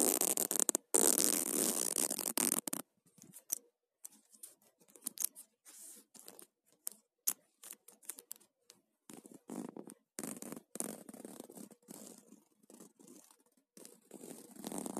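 A zipper is drawn in one long, loud, raspy pull during the first three seconds, then worked in short, halting tugs with brief silences between them. Toward the end the tugs come quicker and run together.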